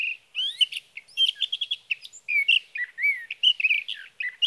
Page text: 61. Sage thrasher songs, through the night. For three nights, from the evening of June 12 to the morning of June 15, 2018, in Sierra Valley, California, I placed a Swift recorder (see "Recording birdsong") near a male's night roost.